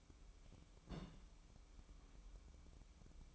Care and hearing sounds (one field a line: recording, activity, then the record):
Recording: daily activity, microphone in the room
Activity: place on stove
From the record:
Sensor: 1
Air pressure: 1008.2 hPa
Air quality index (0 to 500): 136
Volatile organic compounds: 2 ppm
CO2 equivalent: 1141 ppm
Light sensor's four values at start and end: 8/18/7/8 and 8/18/7/8